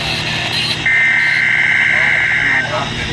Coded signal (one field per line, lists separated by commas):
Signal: Emergency Alert System (SAME) tones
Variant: header bursts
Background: speech